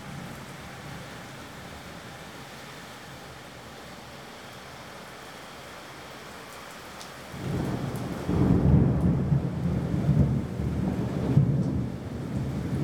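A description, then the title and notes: A thunderstorm with a steady hiss of rain for the first seven seconds. Around seven and a half seconds a deep, rolling rumble of thunder swells in, growing louder near eight seconds and churning low and heavy through the end of the clip. Long Rumbling Thunderstorm.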